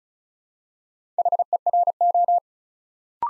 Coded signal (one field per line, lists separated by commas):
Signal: Morse code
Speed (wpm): 34 wpm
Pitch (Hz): 700 Hz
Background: none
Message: HERO